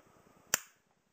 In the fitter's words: just like that you heard the click